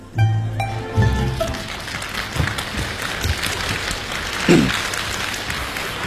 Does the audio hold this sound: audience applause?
yes